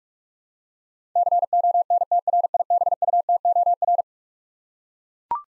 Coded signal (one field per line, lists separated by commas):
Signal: Morse code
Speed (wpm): 42 wpm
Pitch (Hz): 700 Hz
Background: none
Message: CONTRIBUTOR